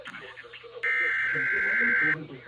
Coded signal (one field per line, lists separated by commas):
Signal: Emergency Alert System (SAME) tones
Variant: header bursts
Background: speech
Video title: LEGIT CRAZINESS 7 | EAS Alerts from 6/6/25 - 6/7/25